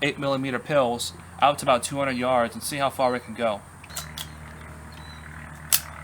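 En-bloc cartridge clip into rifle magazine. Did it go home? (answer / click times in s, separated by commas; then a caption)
yes / 5.7 s. Someone talks while a metal en-bloc clip of 8mm cartridges is pushed down into the magazine of a French Berthier carbine chambered in 8mm Lebel, with a smaller sharp sound near 4.0 s. The loudest sharp metallic hit at 5.7 s is the clip locking in place in the magazine.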